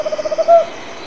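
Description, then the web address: Tropical Screech-Owl call ending: the last several quick hoots of a trill, then one loud sustained closing note, followed by quiet hiss. Argentina. "cantos alilicucu"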